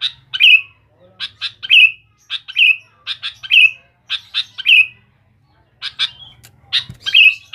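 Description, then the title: Sooty-headed bulbul song: bright, chirpy phrases of sharp clipped notes, most ending in a slurred falling flourish, repeated several times over a faint low hum. "Kutilang"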